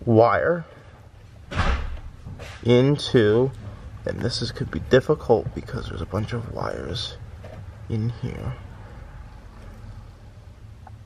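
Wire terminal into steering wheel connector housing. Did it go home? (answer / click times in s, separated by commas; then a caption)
yes / 10.9 s. Someone talks while a wire terminal is slid into a crowded connector housing on the steering wheel wiring of a BMW F30 during a paddle shifter retrofit, which is tricky because of the many wires packed in. A small, faint click at 10.9 s marks the terminal locking into the housing, and it is seated.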